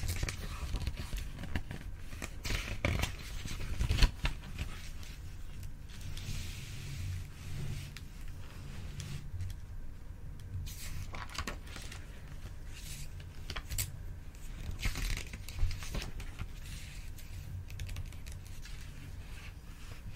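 Pages of a book rustle and flick in irregular bursts throughout, with crisp papery ticks scattered across the twenty seconds. A sharper snap stands out near the four-second mark, and a softer, hissy rustle swells around seven seconds. A steady low hum runs underneath.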